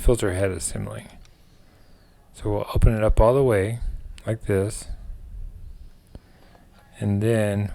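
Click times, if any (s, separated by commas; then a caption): none. Someone talks while an LG LT1000P water filter cartridge is handled with the refrigerator filter housing opened all the way, lining it up with the two grooves of the filter head assembly before twisting it in. A few faint, short ticks are heard around 1.3, 6.1 and 6.2 seconds between the talking. The filter has not seated or clicked into place yet.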